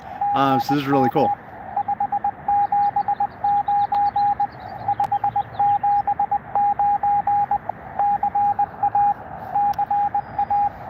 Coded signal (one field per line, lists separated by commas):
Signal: Morse code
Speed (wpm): 21 wpm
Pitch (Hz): 810 Hz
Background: speech, radio noise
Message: GM 579 579 CA CA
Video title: US-4571 kd0fnr #hamradio #morsecode